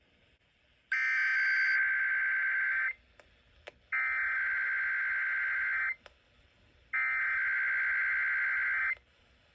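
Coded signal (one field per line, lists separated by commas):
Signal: Emergency Alert System (SAME) tones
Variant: header bursts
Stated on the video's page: Arizona required monthly test.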